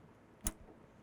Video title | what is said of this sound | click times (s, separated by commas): Chevy 1.4L Turbo Installation Guide - Step-by-Step - P0299 | and you should just hear a click and it'll snap right in there and you should be good to go | 0.5 s